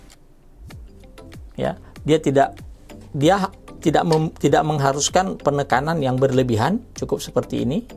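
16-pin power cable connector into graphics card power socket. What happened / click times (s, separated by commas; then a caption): The power connector is handled but not yet clicked home / none. A 16-pin power cable connector is handled at a graphics card power socket without excessive force, with a few faint ticks near the start while someone talks over background music. Nothing has seated or clicked yet.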